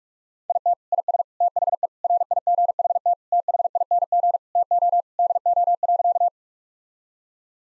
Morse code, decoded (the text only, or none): IT IS THE RIGHT THING TO DO.